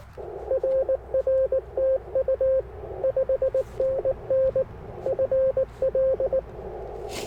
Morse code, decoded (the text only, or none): RR TU 5NN FL